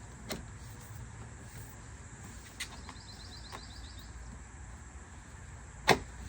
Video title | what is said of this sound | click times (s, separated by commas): 01-04 IS300 window belt trim molding fronts only install | And you'll hear it snap in. Okay. Alrighty. | 5.9 s